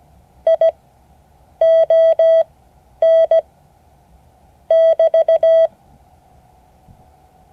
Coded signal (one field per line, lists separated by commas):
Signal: Morse code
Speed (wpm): 17 wpm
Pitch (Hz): 650 Hz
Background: none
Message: I ON <BT>